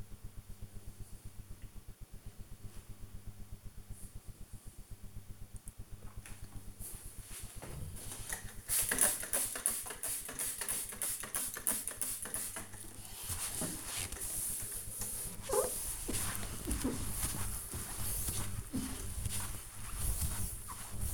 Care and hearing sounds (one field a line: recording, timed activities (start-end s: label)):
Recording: household activities, microphone on the right wrist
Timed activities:
7.57-21.14 s: window cleaning